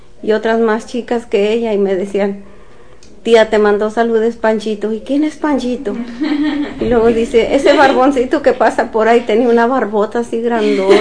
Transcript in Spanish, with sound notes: Y otras más chicas que ella y me decían: “Tía, te mandó saludos Panchito”. “Y, ¿quién es Panchito?”. (risas) Y luego dice: “Ese barboncito que pasa por ahí”. Y tenía una barbota así grandota.